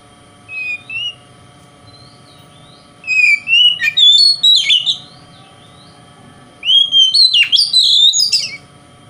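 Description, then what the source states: Oriental magpie-robin giving a few soft whistles, then two long, loud bursts of quick whistled and scratchy notes separated by a pause. Song style called kacer konslet in the Indonesian title.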